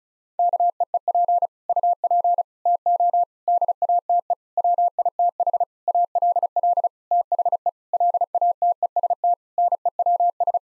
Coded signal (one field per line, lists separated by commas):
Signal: Morse code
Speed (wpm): 34 wpm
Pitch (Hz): 700 Hz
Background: none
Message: KEEP UP TO DATE WITH ALL THE LATEST NEWS